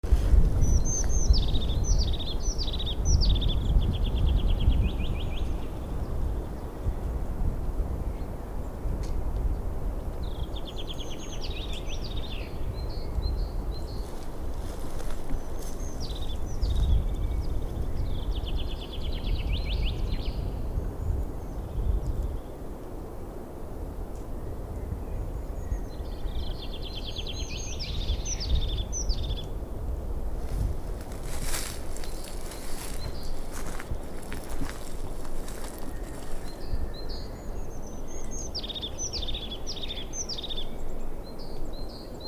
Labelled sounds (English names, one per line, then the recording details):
European Crested Tit song
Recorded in the wild
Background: Parus major
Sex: male
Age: adult
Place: Schönow, Naturpark Barnim, Brandenburg, DE
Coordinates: 52.6931, 13.5169
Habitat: wood
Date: 2007-04-07 18:31
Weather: fair, 10°C, moderate winds
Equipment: Sound Devices 702, Sennheiser MKH 70, Windkorb
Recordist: Frommolt, Karl-Heinz
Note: Ruderale Freifläche im Nordteil des Naturschutzgebietes Schönower Heide: Gesang. Ein zweites Tier antwortet. Entfernung ca. 10 m. Tier nicht gesehen